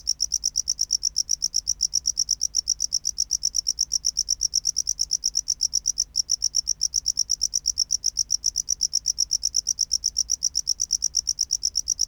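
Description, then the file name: Tropical house cricket singing a sustained series of shrill chirps at a fast, steady pace throughout. "Bio Acoustica Gryllodes sigillatus"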